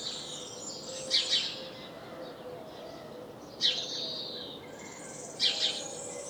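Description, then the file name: House sparrow calls, three bursts of mostly doubled chirps spaced two to three seconds apart, with soft twittering and steady background noise between them. "Passer domesticus"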